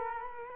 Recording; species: mosquito wingbeat signal from an infrared sensor; Culex quinquefasciatus